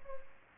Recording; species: mosquito wingbeat signal from an infrared sensor; Aedes aegypti